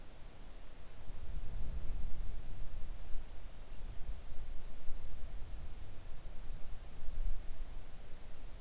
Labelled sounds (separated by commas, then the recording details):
near silence
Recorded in the Arctic National Wildlife Refuge, Alaska, on 3 August 2019 at 05:20
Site 41